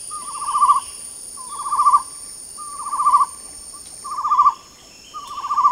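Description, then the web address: Chestnut-necklaced partridge calling: low trilled whistled phrases repeated about every 1.3 seconds, over a steady high insect drone. Recorded at Danum on 8 August 2009. "DANUM 20090808. chestnut-necklaced hill partridge"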